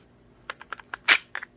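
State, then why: Not seated. A fully loaded pistol with an empty chamber is handled and pushed toward a kydex inside-the-waistband holster, producing a series of short, sharp clicks and scrapes, with a louder rasping burst near 1.1 seconds and a sharp tick at about 1.4 seconds. The clip ends before the pistol goes home, and nothing has seated or clicked into the retention yet.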